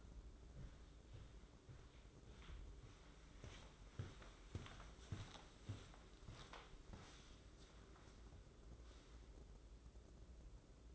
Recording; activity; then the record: daily activity, microphone in the room; walk to room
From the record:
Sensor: 3